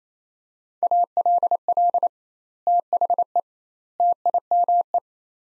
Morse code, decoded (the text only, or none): ALL THE TIME